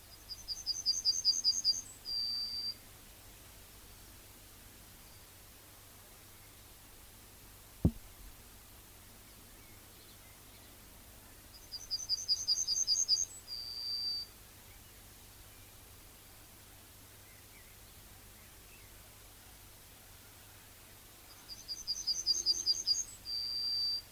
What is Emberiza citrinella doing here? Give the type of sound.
song